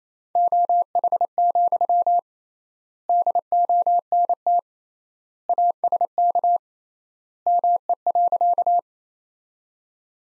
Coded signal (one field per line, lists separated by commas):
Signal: Morse code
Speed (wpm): 28 wpm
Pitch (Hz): 700 Hz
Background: none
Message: OH, DONT ASK ME.